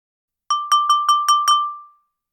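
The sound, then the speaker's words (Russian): In a hall, Draco Malfoy taps a spoon against a drinking glass six times in quick, even succession to draw attention, each strike a bright, clear ping, and the high ringing tone lingers briefly after the last tap. “Драко Малфой снова постучал ложкой по стакану, привлекая внимание.”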